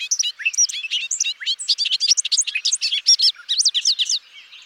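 Bobolink song, a rapid bubbling jumble of tinkling, metallic notes that skip up and down.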